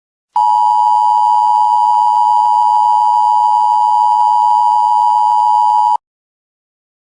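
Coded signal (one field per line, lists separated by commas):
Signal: Emergency Alert System (SAME) tones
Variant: 853 and 960 Hz attention tone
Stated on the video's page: Fictional weather-based mock EAS scenario about a hurricane.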